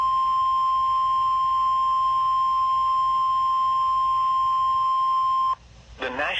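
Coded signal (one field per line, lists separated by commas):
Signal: Emergency Alert System (SAME) tones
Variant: 1050 Hz attention tone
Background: speech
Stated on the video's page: Real tornado warning alerts, two in a row.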